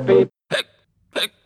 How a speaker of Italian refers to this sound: un gioioso ballatone rockabilly che presenta un altro marchio di fabbrica del …, il singhiozzo.